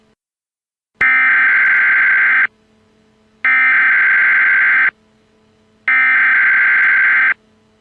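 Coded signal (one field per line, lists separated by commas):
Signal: Emergency Alert System (SAME) tones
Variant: header bursts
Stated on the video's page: Fictional EAS scenario.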